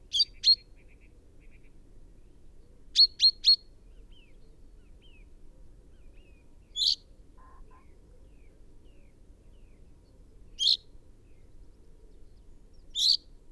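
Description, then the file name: Common chaffinch calls: short, sharp, high notes given singly, in pairs and in a quick triplet, spaced irregularly with pauses of several seconds between them. "Fringilla coelebs"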